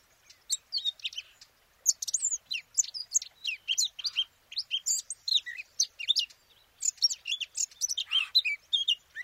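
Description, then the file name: Eurasian blackcap warbling in lively bursts of varied chirps and rising and falling whistles, separated by short gaps. "Sylvia atricapilla"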